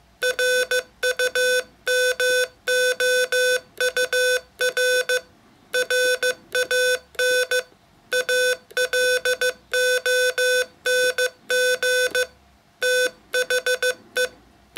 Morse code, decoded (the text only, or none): RUMOUR RAN ALONG THE